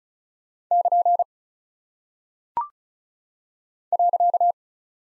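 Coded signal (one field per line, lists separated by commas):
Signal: Morse code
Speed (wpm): 36 wpm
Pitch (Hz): 700 Hz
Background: none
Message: <KN> .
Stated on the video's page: Morse practice of punctuation and prosign characters at 35 wpm; each is sent, spoken, then sent again for head-copy.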